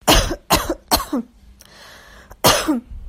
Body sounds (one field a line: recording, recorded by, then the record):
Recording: voluntary cough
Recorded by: messaging app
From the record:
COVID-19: negative